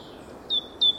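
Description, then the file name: Great tit calls: two brief, high, thin notes, each sliding slightly downward, about a third of a second apart, over a soft steady background hiss. "Parus major"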